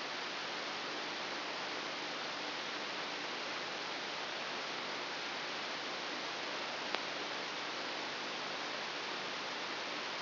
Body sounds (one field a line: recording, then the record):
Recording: brain microelectrode recording played as sound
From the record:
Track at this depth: inside the subthalamic nucleus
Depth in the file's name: 0.409 mm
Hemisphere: right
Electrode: 3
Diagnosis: Parkinson's disease